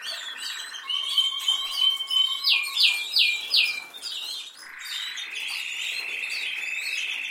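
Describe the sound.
Canary song of rapid trills, then a few downward-swooping notes, ending in a long rolling trill.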